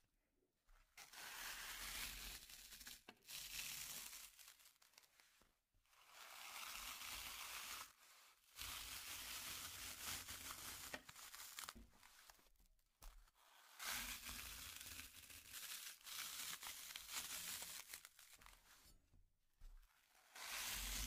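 Slime being squished and pressed in repeated bursts of wet crackling and crinkling, broken by short silent pauses every few seconds.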